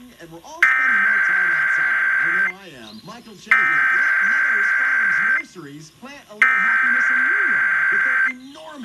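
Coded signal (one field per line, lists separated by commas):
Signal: Emergency Alert System (SAME) tones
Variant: header bursts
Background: speech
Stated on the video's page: iHeartRadio weekly Required Weekly Test relayed by broadcast stations and received via endec monitoring.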